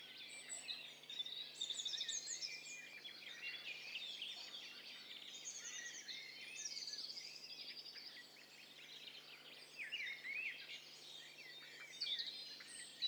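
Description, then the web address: Birds calling together in a dense chorus, overlapping chirps, trills and whistles layered continuously throughout. Several birds calling at once; stereo recording. "Hi Fi STEREO BIRD COCKTAIL PARTY Challenge"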